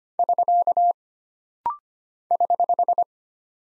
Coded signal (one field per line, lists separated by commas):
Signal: Morse code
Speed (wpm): 25 wpm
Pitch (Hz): 700 Hz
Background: none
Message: <SK> <HH>